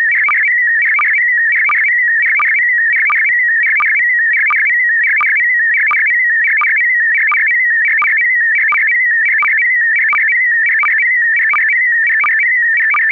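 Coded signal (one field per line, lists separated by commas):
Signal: SSTV (slow-scan television)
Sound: warbling, stepping tone around 2 kHz with regular short low sync blips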